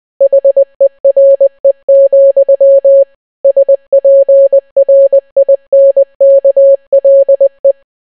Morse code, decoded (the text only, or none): HERE, SPRINKLE